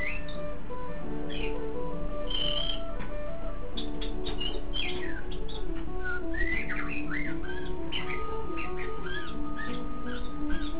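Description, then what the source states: Shama song: scattered clear whistles, then looping rising-and-falling phrases, over a low steady drone. Song labelled with the word meow.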